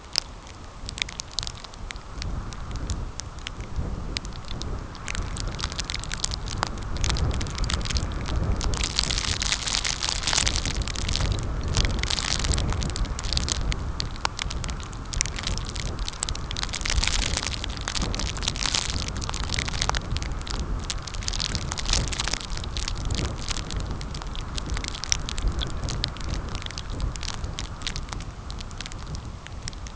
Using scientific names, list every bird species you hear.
none